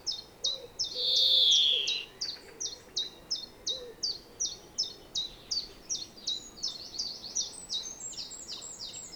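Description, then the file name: European greenfinch giving a long buzzy wheeze early on, then a steady train of short high notes about three per second. "Chloris chloris"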